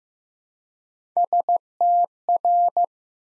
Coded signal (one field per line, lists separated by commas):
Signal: Morse code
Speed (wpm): 15 wpm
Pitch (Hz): 700 Hz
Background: none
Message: STR